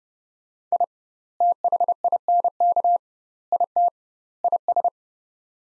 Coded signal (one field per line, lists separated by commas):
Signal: Morse code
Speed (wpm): 32 wpm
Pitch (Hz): 700 Hz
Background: none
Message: I THINK IT IS